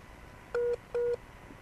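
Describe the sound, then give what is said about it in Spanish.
Two short electronic keypad tones beep in quick succession as a dropped WhatsApp call to a correspondent in Oliveros is redialed, each a steady dual-pitched blip of about a fifth of a second, separated by a brief pause over faint background hiss. “ahí lo estamos reconectando”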